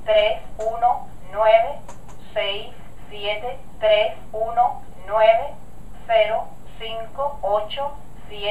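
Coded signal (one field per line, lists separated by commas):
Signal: numbers station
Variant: German female machine voice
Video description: Here's the actual machine behind all the various East-German numbers stations.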